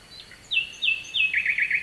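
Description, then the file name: Nightingale song phrase: three loud descending whistled slurs followed by a quick rolling trill, with a faint steady hiss beneath. Night song, recorded at Kovachevitsa, Bulgaria, with a distant stream. "Noshten slavej i dalechen potok (s Kovachevica)"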